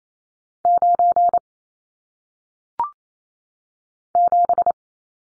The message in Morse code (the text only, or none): 9 7